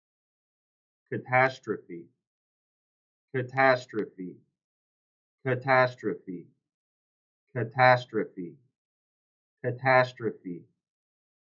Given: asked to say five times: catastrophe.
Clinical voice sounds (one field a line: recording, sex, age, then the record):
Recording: repeated word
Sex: male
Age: 20 to 29 years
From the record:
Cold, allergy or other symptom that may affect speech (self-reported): no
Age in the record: 29 years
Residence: Illinois, United States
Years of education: 20